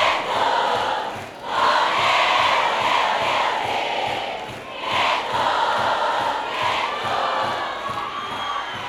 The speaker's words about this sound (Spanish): Esta noche él recibe su disco de platino. Esto es gracias a todos ustedes que hoy están aquí presentes. Yo quiero escuchar bien fuerte el aplauso.